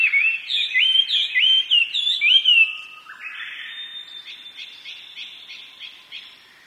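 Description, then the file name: Chinese hwamei song: a run of loud, upslurred whistled notes repeated several times, then a softer, rapid trilled series fading out at the end. "gabicho"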